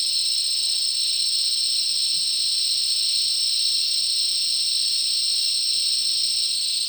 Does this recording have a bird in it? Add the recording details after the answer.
no. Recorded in dense forest near Puerto Asís, Putumayo, Colombia, on 18 February 2024 at 11:00. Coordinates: 0.499, -76.324. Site G6469